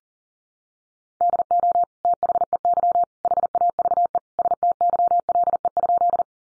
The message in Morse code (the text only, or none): DO THEY HAVE STYLE?